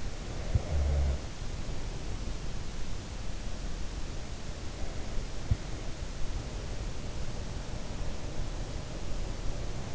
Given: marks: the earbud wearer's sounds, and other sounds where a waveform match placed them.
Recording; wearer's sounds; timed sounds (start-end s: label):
sounds in sleep by an in-ear microphone; snoring breath
0.00-2.34 s: snoring breath